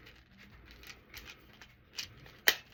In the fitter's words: three clicks oh that's on there nice and tight